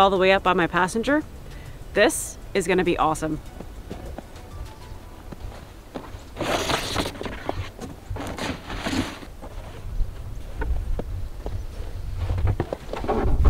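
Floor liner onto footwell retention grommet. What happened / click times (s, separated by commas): Floor liner handled and pressed into place, not yet seated / none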